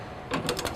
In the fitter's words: you hear that click so